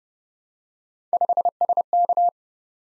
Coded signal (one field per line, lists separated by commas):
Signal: Morse code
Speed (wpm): 30 wpm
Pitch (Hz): 700 Hz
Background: none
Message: 5SK